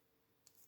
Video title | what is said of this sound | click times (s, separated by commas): Test : la trousse de 120 aquamarkers. Action #scrapbooking #twinmarkers #action | Ça fait clac. | 0.5 s